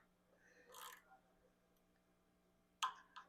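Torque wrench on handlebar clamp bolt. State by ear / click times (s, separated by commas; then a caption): torque reached / 2.8 s. A torque wrench tightens a handlebar clamp bolt on a 2024 Intense Tazer MX Pro Carbon e-MTB. Soft turning and rustling sounds lead to a sharp click at 2.8 s, followed by a quieter tick just after. The wrench has reached its set torque.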